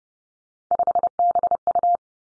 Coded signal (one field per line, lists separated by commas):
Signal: Morse code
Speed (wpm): 30 wpm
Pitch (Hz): 700 Hz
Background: none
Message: 5BU